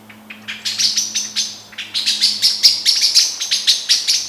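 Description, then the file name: Eurasian blackbird giving sharp, clicking chink calls, rapidly repeated, with a brief pause and then a steady run of strident notes over the second half. "Turdus merula"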